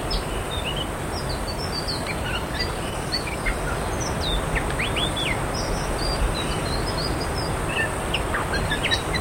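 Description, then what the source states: Ciung song of rapid, high chirps and short whistles, with a few sweeping rising notes in the middle, over a heavy continuous hiss. Ngeriwik-style song.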